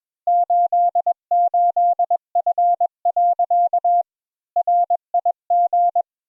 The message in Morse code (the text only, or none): 88F. RIG